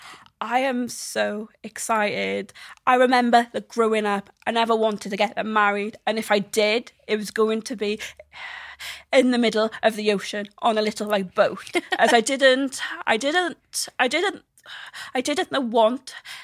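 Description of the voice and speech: An adult woman who has a stammer speaks mostly fluently about never wanting to marry, then repeats "I didn't" four times with brief pauses and a drawn-out "be" before continuing. These phrase repetitions and hesitations are typical of stuttering.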